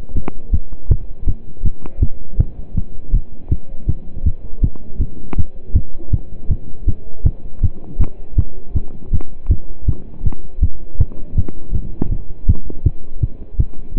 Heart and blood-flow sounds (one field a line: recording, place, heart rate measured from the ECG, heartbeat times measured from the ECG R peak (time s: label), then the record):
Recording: heart sounds by stethoscope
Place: between the tricuspid and mitral areas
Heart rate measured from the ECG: 161 bpm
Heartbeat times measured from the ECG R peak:
0.15 s: heartbeat
0.53 s: heartbeat
0.90 s: heartbeat
1.27 s: heartbeat
1.64 s: heartbeat
2.01 s: heartbeat
2.39 s: heartbeat
2.76 s: heartbeat
3.13 s: heartbeat
3.51 s: heartbeat
3.88 s: heartbeat
4.25 s: heartbeat
4.63 s: heartbeat
5.00 s: heartbeat
5.37 s: heartbeat
5.75 s: heartbeat
6.12 s: heartbeat
6.50 s: heartbeat
6.87 s: heartbeat
7.25 s: heartbeat
7.62 s: heartbeat
8.00 s: heartbeat
8.37 s: heartbeat
8.75 s: heartbeat
9.12 s: heartbeat
9.50 s: heartbeat
9.87 s: heartbeat
10.25 s: heartbeat
10.62 s: heartbeat
10.99 s: heartbeat
11.36 s: heartbeat
11.73 s: heartbeat
12.11 s: heartbeat
12.48 s: heartbeat
12.85 s: heartbeat
13.22 s: heartbeat
13.59 s: heartbeat
13.96 s: heartbeat
From the record:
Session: pedaling a stationary bicycle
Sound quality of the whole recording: partially saturated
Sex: male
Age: 27 years